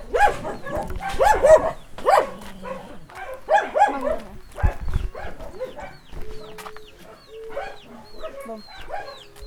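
A dog barks in a rapid series of sharp, fairly loud yelps, while chickens cluck and chirp around it, the barking thinning out toward the end.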